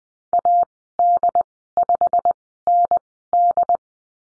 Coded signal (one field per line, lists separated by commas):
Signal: Morse code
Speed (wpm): 20 wpm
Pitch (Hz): 700 Hz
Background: none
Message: AD5ND